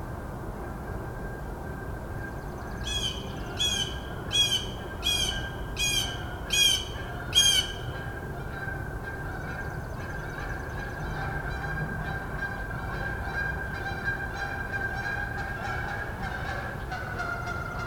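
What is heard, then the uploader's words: Spring frogs and birds: a steady low chorus underneath, with six loud squawking bird calls between three and eight seconds, then faint chattering. Listening to the Spring Frogs and Birds.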